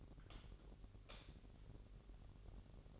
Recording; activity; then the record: daily activity, microphone in the room; light off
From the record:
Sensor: 4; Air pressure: 1012.7 hPa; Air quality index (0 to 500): 246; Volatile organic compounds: 4 ppm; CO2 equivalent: 1679 ppm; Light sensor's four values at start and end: 17/44/17/18 and 15/34/14/14